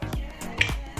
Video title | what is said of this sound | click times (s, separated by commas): Patients not feeling the nitrous oxide? | did you hear the snap I heard the snap | 0.6 s